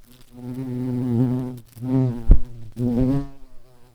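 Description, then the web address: Garden bumblebee buzzing in three low, steady humming bursts of about a second each, with a single sharp tap in the middle of the second. Queens. "Hortorum queens"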